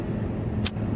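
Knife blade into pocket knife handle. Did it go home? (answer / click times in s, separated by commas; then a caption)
yes / 0.7 s. A thick sheepsfoot blade on a marlin spike pocket knife is snapped into position in its handle, giving one hard, sharp click at 0.7 s that is bright in the high frequencies. The blade seats firmly. A low, steady rumble runs underneath throughout.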